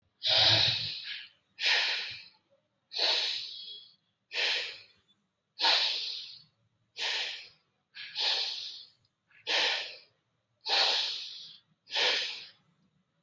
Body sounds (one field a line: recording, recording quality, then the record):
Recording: deep breathing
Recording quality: excellent, no background noise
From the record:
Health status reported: exposed to COVID-19, no respiratory illness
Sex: male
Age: 44 years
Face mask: not worn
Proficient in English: yes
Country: India